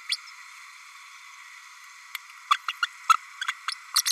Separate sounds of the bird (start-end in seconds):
0.09-0.16, 2.50-2.57, 2.68-2.73, 2.82-2.87, 3.09-3.13, 3.95-4.02